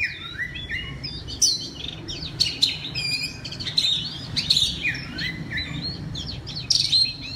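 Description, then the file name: Oriental magpie-robin singing a rich, nearly continuous run of varied whistles, rising and falling slurs and scratchy chirps. Loud song of the kacer in the ngeplong style. "suara kacer ngeplong keras"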